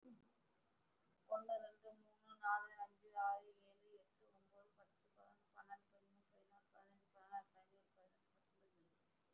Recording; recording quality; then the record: counting at a fast pace; excellent, no background noise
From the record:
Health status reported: respiratory illness, not identified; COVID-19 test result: not tested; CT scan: not taken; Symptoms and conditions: breathing difficulty, fatigue, asthma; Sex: female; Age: 39 years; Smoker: no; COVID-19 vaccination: none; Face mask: worn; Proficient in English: no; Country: India